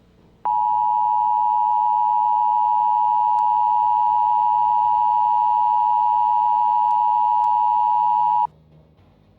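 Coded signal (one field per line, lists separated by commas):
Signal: Emergency Alert System (SAME) tones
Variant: 853 and 960 Hz attention tone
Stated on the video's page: EAS tones in a simulated mini scenario of a Chinese nuclear attack.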